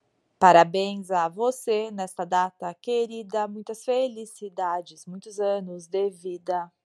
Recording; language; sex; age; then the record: short text; Brazilian Portuguese; female; 40 to 49 years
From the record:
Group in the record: control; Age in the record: 47 years